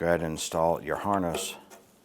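A wiring harness connector is handled toward the new fuel tank pressure sensor on a 1995-2001 Ford Explorer while someone talks. The connector has not seated or clicked into place yet.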